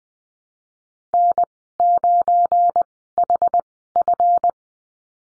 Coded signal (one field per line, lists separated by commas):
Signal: Morse code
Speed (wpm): 20 wpm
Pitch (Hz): 700 Hz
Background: none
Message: N9HF